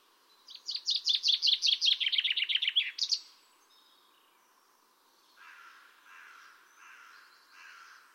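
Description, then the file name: Common chaffinch song: one fast, descending run of sharp notes ending in an emphatic flourish, then fainter, lower repeated chirps from another bird. "Fringilla coelebs"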